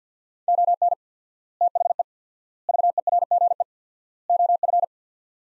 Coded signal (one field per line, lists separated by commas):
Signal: Morse code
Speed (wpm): 50 wpm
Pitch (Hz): 700 Hz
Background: none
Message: ON THE VERGE OF